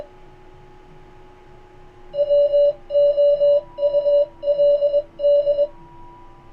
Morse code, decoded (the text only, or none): WOULD